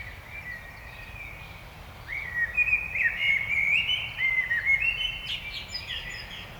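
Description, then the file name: Common blackbird singing one continuous warbled phrase of quick, rippling, slightly rising notes lasting about four seconds, set against soft steady noise. "Turdus merula"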